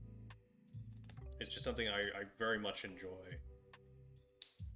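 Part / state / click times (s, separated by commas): plastic model kit part into its mating part / seated / 4.4 s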